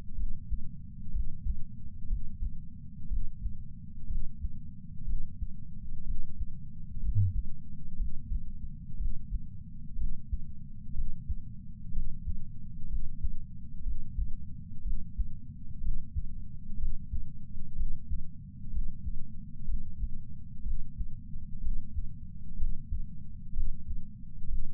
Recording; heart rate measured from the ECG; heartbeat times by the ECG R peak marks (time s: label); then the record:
heart sounds by patch sensor on the chest; 62 bpm
0.15 s: heartbeat
1.11 s: heartbeat
2.08 s: heartbeat
3.08 s: heartbeat
4.07 s: heartbeat
5.05 s: heartbeat
6.04 s: heartbeat
7.00 s: heartbeat
7.97 s: heartbeat
8.97 s: heartbeat
9.96 s: heartbeat
10.93 s: heartbeat
11.92 s: heartbeat
12.88 s: heartbeat
13.83 s: heartbeat
14.82 s: heartbeat
15.80 s: heartbeat
16.77 s: heartbeat
17.75 s: heartbeat
18.71 s: heartbeat
19.65 s: heartbeat
20.63 s: heartbeat
21.61 s: heartbeat
22.56 s: heartbeat
23.53 s: heartbeat
24.47 s: heartbeat
From the record:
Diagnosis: coronary artery disease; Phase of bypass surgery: intraoperative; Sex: male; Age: 69 years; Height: 165 cm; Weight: 60 kg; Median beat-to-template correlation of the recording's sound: 0.76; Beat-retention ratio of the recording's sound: 0.99